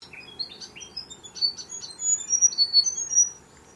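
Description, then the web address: Bird giving a rapid jumble of high chirps and thin whistled notes, some slurred downward, in a busy cluster over steady low background noise. Unidentified bird calling in mangroves. "Sound Effects-Foundation 1 BIRD UNKNOWN MAGROVES"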